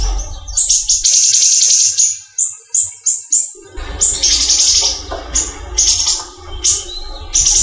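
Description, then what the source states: Leafbird song: high whistled notes and buzzy warbled bursts with irregular pauses, over steady low background rumble that drops out briefly midway. Local name cucak ijo, described as the small-leaf (daun kecil) type.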